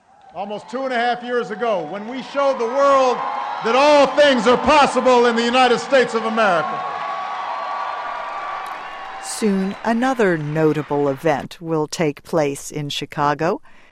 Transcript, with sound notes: almost two and a half years ago when we showed the world that all things are possible in the United States of [Applause.]
Soon another notable event will take place in Chicago.